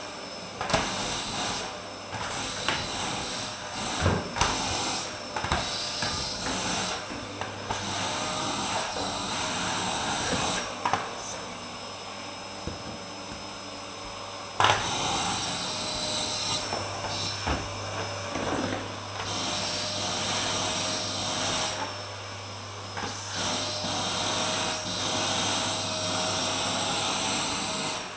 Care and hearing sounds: daily activity, microphone in the room; vacuum cleaning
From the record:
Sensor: 2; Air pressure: 995.1 hPa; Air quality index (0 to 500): 50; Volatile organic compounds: 1 ppm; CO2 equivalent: 782 ppm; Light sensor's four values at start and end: 16/51/20/19 and 15/50/19/18

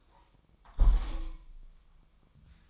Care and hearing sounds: daily activity, microphone in the room; close window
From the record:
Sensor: 1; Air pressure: 1004.7 hPa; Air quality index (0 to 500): 116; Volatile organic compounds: 4 ppm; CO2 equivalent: 1601 ppm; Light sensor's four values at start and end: 8/21/8/9 and 8/21/8/9

